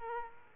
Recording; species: mosquito wingbeat signal from an infrared sensor; Aedes aegypti